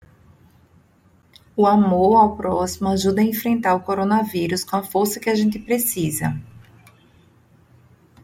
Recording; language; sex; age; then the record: spoken sentence; Brazilian Portuguese; female; 40 to 49 years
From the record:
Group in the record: control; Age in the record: 49 years